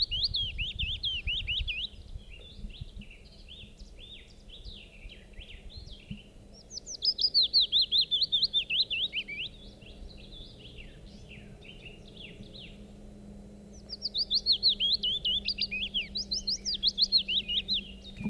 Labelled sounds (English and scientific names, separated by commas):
Willow Warbler (Phylloscopus trochilus)